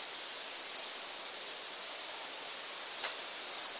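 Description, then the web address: Eurasian blue tit song: a high, quick trill of about five evenly spaced notes, then the start of another about three seconds later, over light hiss. "wroblowe kolekcja modraszka"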